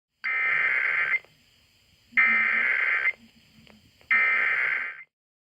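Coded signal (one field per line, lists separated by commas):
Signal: Emergency Alert System (SAME) tones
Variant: header bursts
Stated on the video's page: Required Weekly Test on a WPR station, with all WPR stations testing at the same time.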